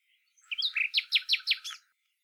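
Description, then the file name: Common nightingale song phrase: a brief warble, then a rapid run of about five sharp, rattling notes repeated evenly before the phrase stops abruptly. "Luscinia megarhynchos"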